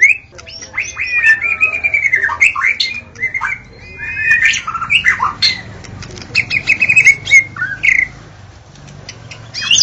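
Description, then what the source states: White-rumped shama singing whistled slurs and scratchy notes over a faint low hum. Natural song recorded in forest.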